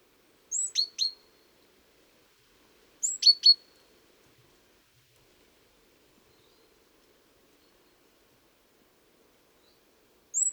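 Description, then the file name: Great tit call phrases of a thin high note and two or three sharp ticks, repeated at irregular intervals with long quiet gaps between. "Parus major"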